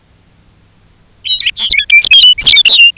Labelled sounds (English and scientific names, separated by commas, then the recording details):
Lapland Longspur (Calcarius lapponicus)
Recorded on Arctic tundra, site UTQI-5, on 19 June 2019
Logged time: 22:00